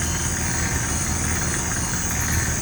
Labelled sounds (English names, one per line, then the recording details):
none
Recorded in pastures near Puerto Asís, Putumayo, Colombia, on 20 December 2024 at 18:00
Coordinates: 0.466, -76.322
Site G040